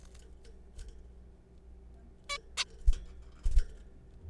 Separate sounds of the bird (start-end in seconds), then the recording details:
2.30-2.38, 2.58-2.64. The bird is a juvenile. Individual R3428